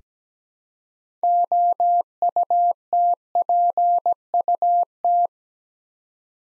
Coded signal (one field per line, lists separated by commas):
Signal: Morse code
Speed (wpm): 17 wpm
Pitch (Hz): 700 Hz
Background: none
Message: OUTPUT